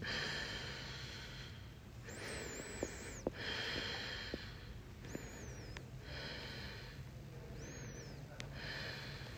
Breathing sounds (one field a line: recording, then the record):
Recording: deep breathing after running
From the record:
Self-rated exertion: very light exertion (1 of 6)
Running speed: 6 miles an hour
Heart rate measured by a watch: 97 beats a minute at the start, 95 at the end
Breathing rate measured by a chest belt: 13 breaths a minute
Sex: female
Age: 55 years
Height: 157 cm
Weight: 48 kg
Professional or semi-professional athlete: yes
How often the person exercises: every day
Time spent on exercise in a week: over 5 hours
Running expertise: yes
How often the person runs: 3 to 5 times a week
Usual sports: running, swimming, yoga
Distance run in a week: 40 miles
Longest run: 20 miles